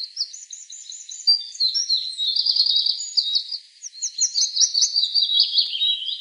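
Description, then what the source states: Willow warbler song, sweet high phrases sliding downward, with little pause between them. Recorded on 24 April 2013.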